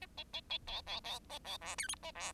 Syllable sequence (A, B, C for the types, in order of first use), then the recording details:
A B B B C C C C D E F A D. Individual Bird10